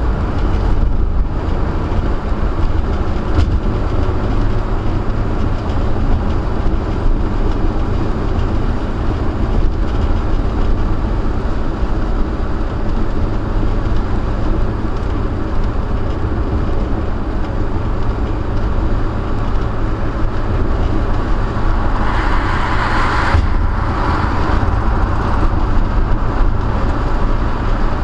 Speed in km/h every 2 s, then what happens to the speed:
103, 105, 109, 111, 109, 108, 108, 108, 108, 106, 106, 109, 109, 109.
0-6 speeds up to 111. 6-28 steady at about 108.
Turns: none.